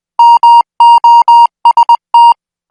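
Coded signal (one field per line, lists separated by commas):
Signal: Morse code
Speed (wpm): 20 wpm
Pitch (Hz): 940 Hz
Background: music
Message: MOST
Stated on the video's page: Morse practice signal at 20 words per minute, made for military signal school training.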